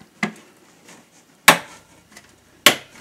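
A second memory stick is pressed into the other DIMM slot on a Dell Vostro 200 motherboard for dual channel. A softer tap at 0.2 s is followed by two loud, sharp snaps at 1.5 s and 2.7 s as the retention clips shut. The stick is seated.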